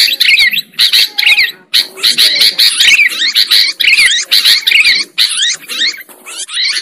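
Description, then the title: Lovebird squawks and shrill chirps delivered in fast clusters, a brief pause early on, then steady twittering. Lovebird sound used as a lure for trapping birds. "PIKAT BURUNG LOVEBIRD"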